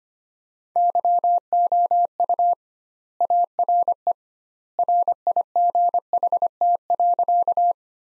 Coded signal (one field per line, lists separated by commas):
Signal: Morse code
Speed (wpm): 25 wpm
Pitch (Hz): 700 Hz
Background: none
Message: YOU ARE RIGHT.